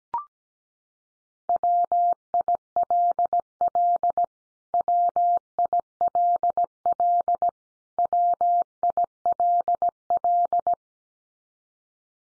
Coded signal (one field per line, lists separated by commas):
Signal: Morse code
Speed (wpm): 17 wpm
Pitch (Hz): 700 Hz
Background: none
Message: WILL WILL WILL